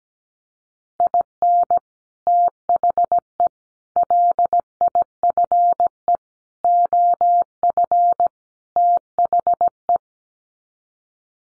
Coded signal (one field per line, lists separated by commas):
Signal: Morse code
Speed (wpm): 17 wpm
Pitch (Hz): 700 Hz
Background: none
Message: IN THE LIFE OF THE